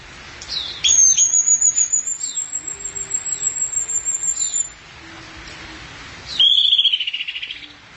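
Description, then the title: Thrush song with a long high thin trill, a quieter pause, then a loud lower trill near the end. "burung anis x"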